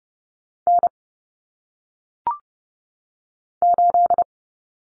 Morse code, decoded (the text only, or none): N 8